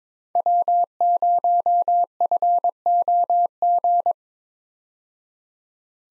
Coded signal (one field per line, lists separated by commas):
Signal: Morse code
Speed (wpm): 22 wpm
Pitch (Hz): 700 Hz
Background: none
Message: W0FOG